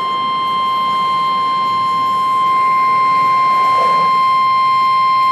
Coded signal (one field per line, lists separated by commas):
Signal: Emergency Alert System (SAME) tones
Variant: 1050 Hz attention tone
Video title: Severe Thunderstorm Warning - EAS #42